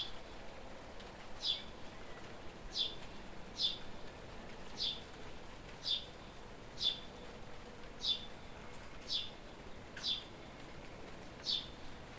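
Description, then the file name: House sparrow giving a run of crisp chirps, each brief and bright, against quiet background hiss. "Passer domesticus"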